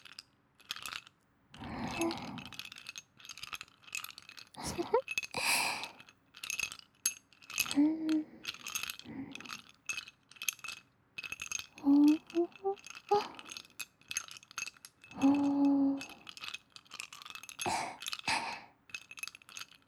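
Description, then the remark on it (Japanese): Ice cubes clink and rattle inside a glass as it is shaken beside the listener's ear, producing bursts of bright, hard taps with short ringing tones, coming in irregular clusters with brief pauses between them. “氷の音で、ひんやりリフレッシュ”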